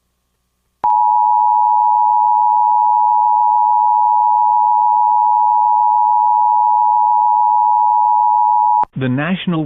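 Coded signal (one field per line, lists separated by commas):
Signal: Emergency Alert System (SAME) tones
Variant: 853 and 960 Hz attention tone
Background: speech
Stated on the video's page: Mock reenactment of a severe thunderstorm warning using valid EAS tones.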